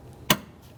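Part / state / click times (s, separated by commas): gas lift support end fitting onto ball stud / seated / 0.3 s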